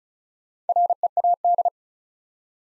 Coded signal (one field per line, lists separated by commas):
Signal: Morse code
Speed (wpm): 36 wpm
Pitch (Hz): 700 Hz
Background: none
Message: READ